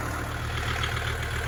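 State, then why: Not seated. A tractor's quick-attach plate is engaged with the steel frame of a Vevor hay spear while a steady low engine idle rumbles throughout, with no distinct click. The latch fails to lock; nothing has seated or clicked yet.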